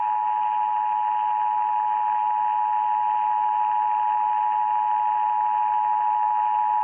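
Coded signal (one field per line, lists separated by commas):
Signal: Emergency Alert System (SAME) tones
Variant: 853 and 960 Hz attention tone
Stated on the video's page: Monthly EAS test for Louisiana received on WWL 870 AM; contains valid EAS tones.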